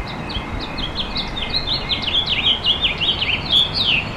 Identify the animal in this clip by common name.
House Finch